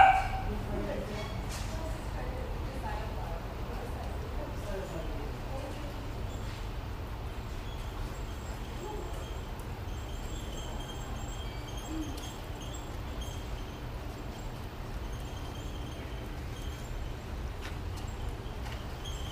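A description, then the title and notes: Inside a garden center, a steady low rumble of ventilation and machinery fills the space at an even level. Faint, indistinct voices drift in and out early on, with scattered small clicks and clatters and a thin high whine running throughout. Standing inside a Lowe's Garden Center on Iverson Way. Featuring a loud dog, customers and a short conversation about shopping carts.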